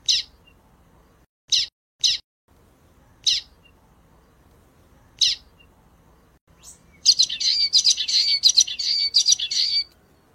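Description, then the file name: Common waxbill giving five sharp high chips, then breaking into a fast, buzzy, twittering song for the last few seconds. "canto do bico de lacre"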